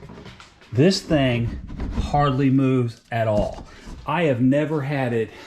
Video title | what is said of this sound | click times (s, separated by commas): Yeti Roadie 24 Hard Cooler fits perfect under Mopar Hard Tonneau on a Gladiator - IT DOES NOT MOVE! | I pull down the tonneau cover like so and let it click into place | 0.4 s